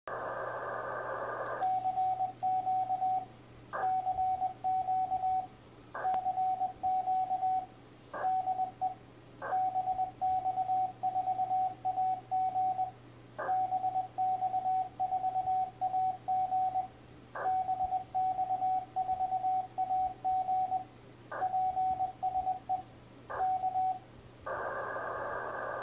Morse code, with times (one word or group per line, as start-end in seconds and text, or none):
1.6-3.2 CQ
3.8-5.4 CQ
6.0-7.6 CQ
8.2-8.9 DE
9.5-12.8 BX4AG
13.5-16.8 BX4AG
17.5-20.8 BX4AG
21.4-22.8 PSE
23.4-23.9 K